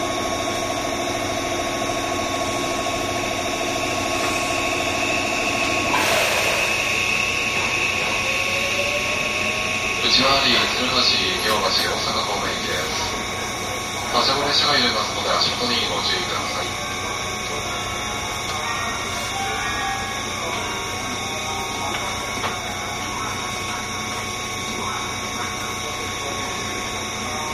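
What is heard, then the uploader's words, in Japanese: A JR 201 series train hums steadily at Momodani, with a sudden burst near six seconds and talking between ten and seventeen. JR201系 桃谷〜桃谷。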